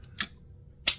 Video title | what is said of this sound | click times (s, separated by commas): The Best Sauvage Elixr Clone ( Athoor al Alam The Legend ) #middleeasternperfumes | and again that does click into place like that now it's not tight so you know don't grab it like that | 0.9 s